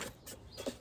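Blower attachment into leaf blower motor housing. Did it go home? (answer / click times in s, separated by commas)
no / none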